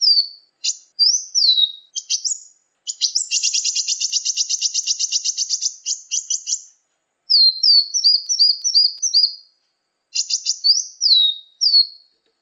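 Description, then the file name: Brown-throated sunbird singing high, sharp slurred notes, then a long rapid buzzy trill lasting about three seconds, followed by quick chirpy phrases and more down-slurred whistles. "kolibri muncang. omkicau"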